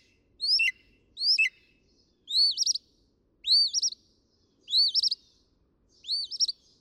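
Northern mockingbird song: sharp downslurred chirps twice, then wavering, rising whistled phrases repeated several times with brief pauses.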